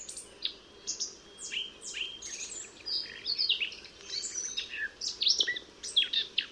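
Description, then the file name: Eurasian blackcap song, a rapid stream of high, scratchy and whistled notes over a noticeable hiss of background noise. "Sylvia atricapilla"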